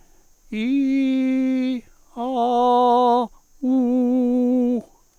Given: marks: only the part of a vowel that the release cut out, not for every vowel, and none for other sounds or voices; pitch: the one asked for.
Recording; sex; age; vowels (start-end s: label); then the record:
sustained vowels; male; 60 to 69 years
0.80-1.66 s: vowel /i/, high pitch
2.27-3.14 s: vowel /a/, high pitch
3.74-4.68 s: vowel /u/, high pitch
From the record:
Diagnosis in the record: healthy voice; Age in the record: 65 years